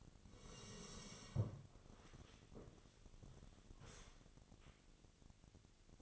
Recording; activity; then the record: daily activity, microphone in the room; sit down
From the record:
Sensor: 4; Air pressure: 1001.2 hPa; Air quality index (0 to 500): 181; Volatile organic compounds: 2 ppm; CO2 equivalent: 1296 ppm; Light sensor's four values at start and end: 14/32/13/13 and 14/32/13/13